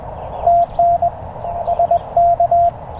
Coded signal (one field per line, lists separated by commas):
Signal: Morse code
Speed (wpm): 19 wpm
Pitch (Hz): 690 Hz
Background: none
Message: TN SK